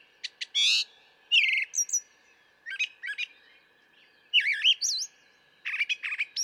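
Brown thrasher singing varied phrases, a buzzy trill, paired sharp notes and wavering whistled slurs, with pauses between them.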